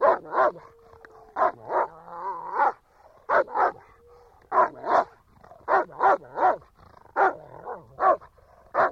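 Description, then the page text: German Shepherd dog barking rapidly in doubles and triples, with whining tones filling the short gaps between bursts. Shepherd dog barking quietly. "Звук овчарка гавкает. ЗВУКОДАР"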